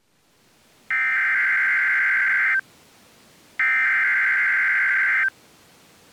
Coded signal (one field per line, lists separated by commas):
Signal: Emergency Alert System (SAME) tones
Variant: header bursts